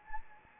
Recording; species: mosquito wingbeat signal from an infrared sensor; Anopheles gambiae